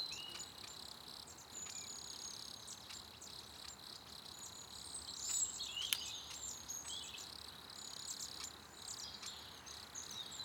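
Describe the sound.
Cricket chirping, a steady high continuous trill held throughout, with a few brief sharp clicks over a quiet background.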